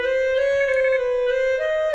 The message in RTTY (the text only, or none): none